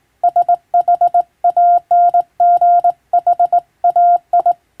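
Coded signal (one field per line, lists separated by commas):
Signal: Morse code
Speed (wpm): 21 wpm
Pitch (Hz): 700 Hz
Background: none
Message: SHANGHAI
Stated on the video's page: Morse code reception practice recalling ship-to-coast-station radiotelegraph traffic, using a telegram sending practice book.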